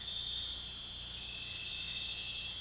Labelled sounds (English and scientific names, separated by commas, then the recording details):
none
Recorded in pastures near Puerto Asís, Putumayo, Colombia, on 16 December 2024 at 22:00
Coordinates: 0.466, -76.322
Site G040